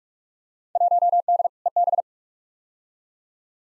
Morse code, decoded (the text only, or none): 1D EB